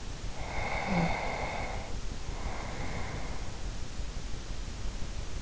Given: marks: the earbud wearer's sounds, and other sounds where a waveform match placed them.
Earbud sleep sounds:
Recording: sounds in sleep by an in-ear microphone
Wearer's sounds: snoring breath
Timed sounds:
0.49-3.82 s: snoring breath

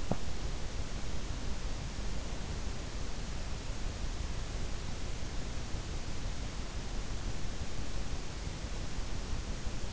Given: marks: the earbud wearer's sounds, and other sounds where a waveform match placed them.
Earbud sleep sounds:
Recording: sounds in sleep by an in-ear microphone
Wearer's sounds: teeth grinding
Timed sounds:
0.00-0.31 s: teeth grinding

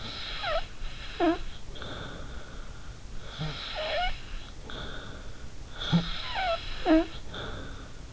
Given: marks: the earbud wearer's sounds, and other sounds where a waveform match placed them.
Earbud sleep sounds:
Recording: sounds in sleep by an in-ear microphone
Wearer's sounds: snoring breath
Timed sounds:
0.00-2.97 s: snoring breath
3.33-5.45 s: snoring breath
5.71-8.07 s: snoring breath

